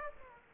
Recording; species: mosquito wingbeat signal from an infrared sensor; Aedes aegypti